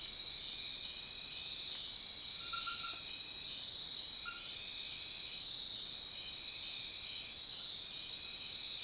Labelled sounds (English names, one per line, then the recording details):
none
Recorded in secondary vegetation near Puerto Asís, Putumayo, Colombia, on 4 March 2025 at 03:30
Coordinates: 0.500, -76.326
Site GP04